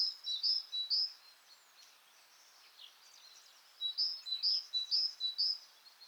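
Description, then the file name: Great tit repeating sharp, high two-note figures in two bursts separated by a quiet pause, each burst of three to four rapid phrases. "Parus major"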